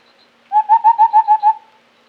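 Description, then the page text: White-browed scimitar babbler uttering a rapid string of about seven mellow, fluty notes at a steady pitch, the last one trailing off, in an otherwise quiet setting. "White-Browed Scimitar Babbler Call. Quick Sounds"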